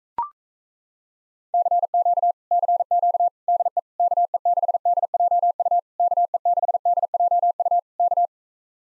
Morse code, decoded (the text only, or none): CQ CQ DE KE6DJU KE6DJU K